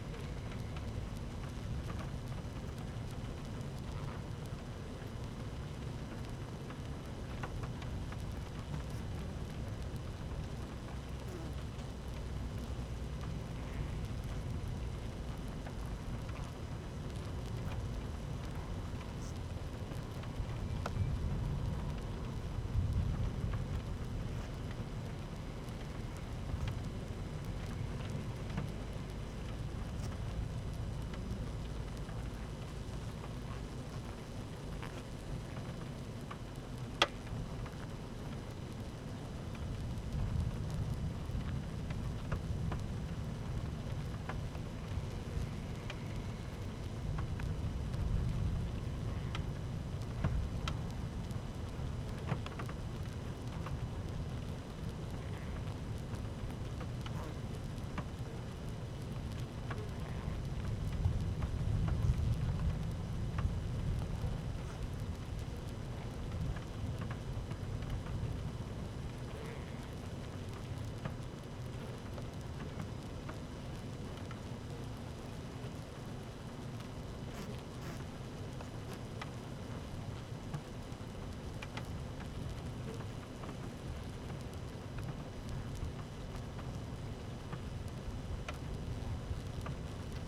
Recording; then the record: honeybee colony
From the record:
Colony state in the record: active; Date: 12 June 2018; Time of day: 13:23